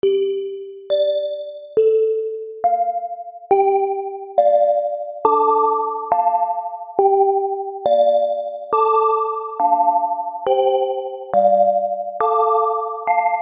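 A ringtone plays a melody of clean, bell-like tones, struck about twice a second, each note decaying quickly before the next, climbing gradually higher.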